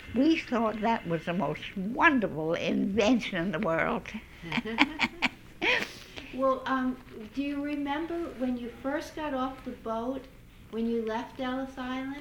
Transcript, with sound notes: We thought that was the most wonderful invention in the world. ( they laugh )
Well, do you remember when you first got off the boat when you left Ellis Island?